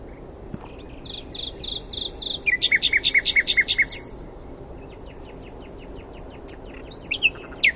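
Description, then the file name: Common nightingale song opening with buzzy pulsed notes, then a loud fast series of repeated chirps, trails off into softer notes, and closes with a few sharp rising notes. "Luscinia megarhynchos"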